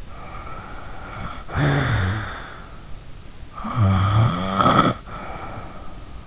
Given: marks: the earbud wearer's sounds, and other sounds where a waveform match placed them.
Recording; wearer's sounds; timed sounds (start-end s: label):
sounds in sleep by an in-ear microphone; snoring breath
0.10-2.97 s: snoring breath
3.52-6.27 s: snoring breath